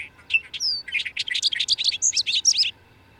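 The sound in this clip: Bird song: quick tumbling chirps and short trills in one sustained phrase, with a thin downslurred whistle early on.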